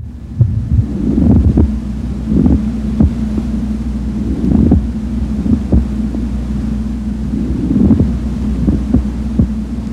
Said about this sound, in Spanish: También tenemos una fricción pleural.